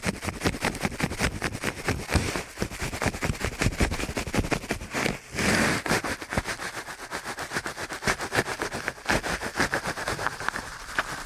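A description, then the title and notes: Rapid ear cleaning crackles and scratches in a dense, fast rattle of clicks throughout, easing briefly into a smoother rushing swish around five seconds. ASMR Ear Cleaning at Helicopter Speed.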